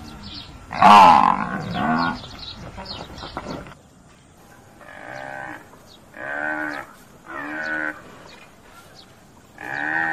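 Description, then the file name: Water buffalo calf, a loud harsh burst at first, then a run of nasal bleating calls spaced roughly a second or two apart. "Tieng nghe keu"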